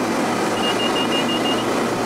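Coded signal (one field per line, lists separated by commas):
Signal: none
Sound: cockpit warning beeps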